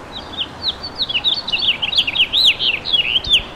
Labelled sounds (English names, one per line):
House Finch song